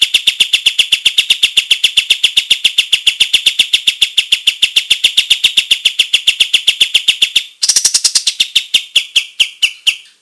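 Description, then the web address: Olive-winged bulbul song: long continuous run of rapid high chirps, shifting near the end to brighter, higher notes before fading. Described as gacor, singing loudly and continuously. "kapas-tembak suara-burung-kapas-tembak-gacor"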